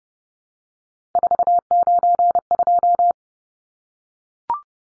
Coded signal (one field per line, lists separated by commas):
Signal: Morse code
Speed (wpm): 30 wpm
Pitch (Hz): 700 Hz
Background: none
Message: 492